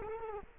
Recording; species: mosquito wingbeat signal from an infrared sensor; Culex quinquefasciatus